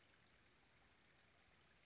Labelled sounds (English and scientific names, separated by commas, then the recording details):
Western Flycatcher (Empidonax difficilis)
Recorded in Sonoma County, California